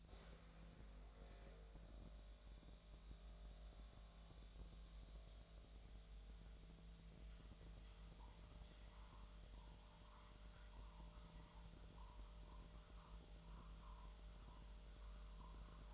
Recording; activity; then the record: daily activity, microphone in the room; make coffee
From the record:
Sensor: 3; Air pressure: 1009.4 hPa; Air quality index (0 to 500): 198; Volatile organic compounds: 17 ppm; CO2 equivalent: 2565 ppm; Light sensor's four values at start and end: 33/83/35/37 and 33/83/35/37